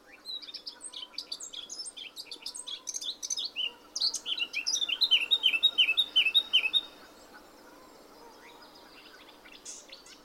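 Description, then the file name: Eurasian blackcap song opens with busy, scratchy warbling and builds into a bright string of repeated fluty whistles before quiet follows. "Sylvia atricapilla"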